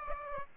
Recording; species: mosquito wingbeat signal from an infrared sensor; Aedes aegypti